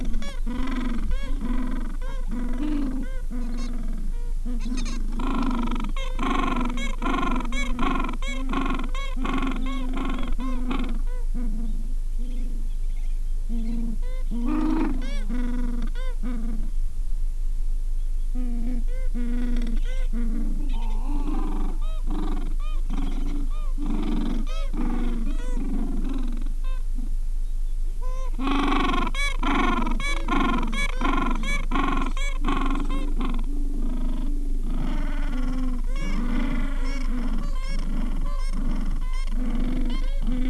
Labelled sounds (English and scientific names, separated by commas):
Gentoo Penguin (Pygoscelis papua)